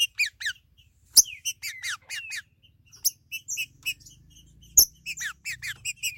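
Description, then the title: Green-winged saltator giving sharp chirps and falling whistled slurs in short groups separated by gaps, with a few loud clicks. "Trinca Ferro"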